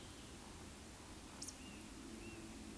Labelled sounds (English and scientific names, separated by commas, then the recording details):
Eurasian Woodcock (Scolopax rusticola) whistle, Eurasian Woodcock (Scolopax rusticola) croak
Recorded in Baden-Württemberg, Germany, on 13 June 2021 at 19:50 UTC
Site 23718, 552 m above sea level